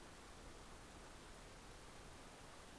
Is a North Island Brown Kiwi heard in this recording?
no